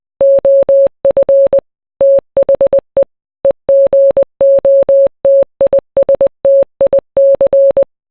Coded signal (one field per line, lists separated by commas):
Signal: Morse code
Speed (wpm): 20 wpm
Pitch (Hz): 550 Hz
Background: none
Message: OF THE EGOTISTIC